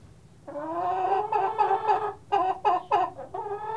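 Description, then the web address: Chicken clucks: a drawn-out nasal cackle followed by quick, sharp repeated clucks. "Jerry Apps Winter. chickens"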